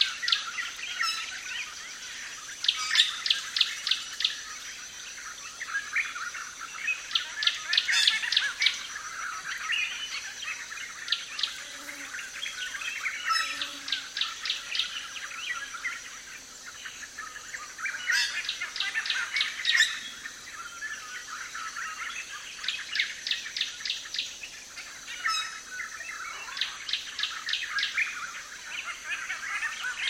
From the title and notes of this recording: Congo Basin Rainforest - Lush Dawn Chorus In Rural Gabon. Dawn chorus recorded in a gorgeous wild banana grove where a myriad birds were singing. Technical details: Sony PCM M10, Sound Devices Mixpre-D and DPA 4060 microphones.